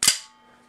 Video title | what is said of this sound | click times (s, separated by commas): G&G GK5c-GL Basic Review | satisfying click when you uh release it it is very loud and stiff | 0.0 s